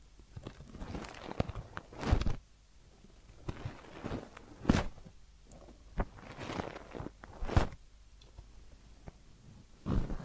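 Soft rubbing and brushing sounds from a massage or ear cleaning, with irregular scratchy strokes and rustles. Sharper crackling bursts stand out near 2, 4.7, 7.6 and 10 seconds, with quieter gaps and faint low thuds between them.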